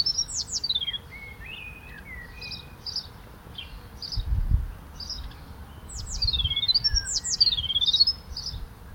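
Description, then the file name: Eurasian blue tit calls: high, thin, swooping notes and short chips, over a low background rumble. "Cyanistes caeruleus"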